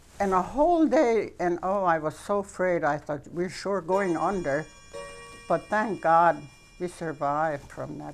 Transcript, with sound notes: and the whole day. And, oh, I was so afraid. I thought, "We're sure going under." ( a bell chimes ) But, thank God we survived from that.